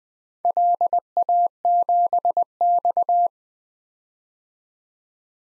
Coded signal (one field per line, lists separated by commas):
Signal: Morse code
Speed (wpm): 20 wpm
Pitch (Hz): 700 Hz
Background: none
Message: LA7X